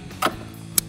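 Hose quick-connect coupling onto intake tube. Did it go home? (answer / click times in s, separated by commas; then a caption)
yes / 0.8 s. A hose quick-connect coupling on an S&B cold air intake with dry extendable filter is pushed onto the intake tube of a 2019-2022 Sierra 6.2L. A softer knock comes at about 0.3 s, then a sharp, bright click at 0.8 s as the coupling locks onto the tube. The coupling is seated.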